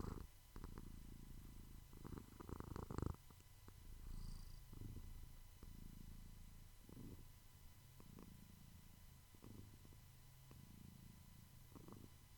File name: freesound purr